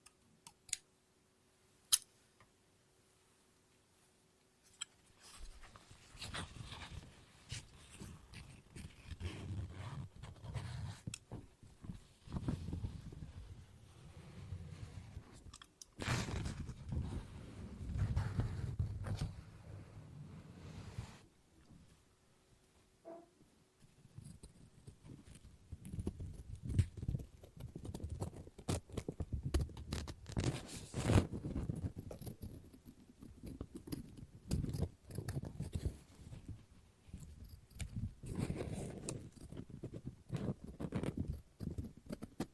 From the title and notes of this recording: ASMR Scissors No Talking Snips and Cutting Paper.